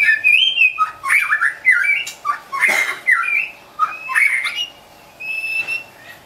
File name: suara burung murai batu hutan medan gacor